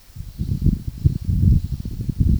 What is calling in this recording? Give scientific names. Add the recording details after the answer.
none. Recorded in pastures near Puerto Asís, Putumayo, Colombia, on 20 February 2024 at 11:00. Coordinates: 0.486, -76.323. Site G6462